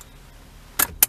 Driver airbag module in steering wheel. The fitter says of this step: like that and it pops right out and your steering wheel is